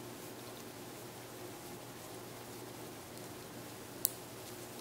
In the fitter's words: there you go you hear click